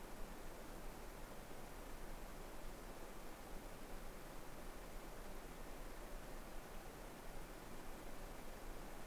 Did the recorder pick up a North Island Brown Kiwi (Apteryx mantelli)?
no